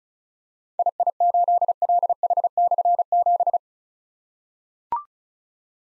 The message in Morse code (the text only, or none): II8LH/7